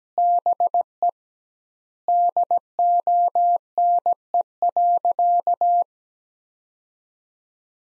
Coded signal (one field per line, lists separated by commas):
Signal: Morse code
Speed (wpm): 17 wpm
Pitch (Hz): 700 Hz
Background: none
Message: BE DONE.